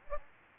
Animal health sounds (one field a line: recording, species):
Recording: mosquito wingbeat signal from an infrared sensor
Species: Aedes aegypti